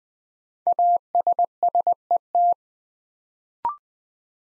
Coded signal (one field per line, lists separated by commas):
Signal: Morse code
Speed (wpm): 20 wpm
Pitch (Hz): 700 Hz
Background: none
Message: ASSET